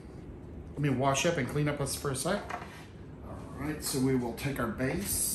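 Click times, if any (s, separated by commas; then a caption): none. Plastic food dehydrator trays are handled near the dehydrator base while someone talks, with faint handling sounds under the speech. Nothing has seated or clicked yet; the clip ends before the trays snap into place on the base.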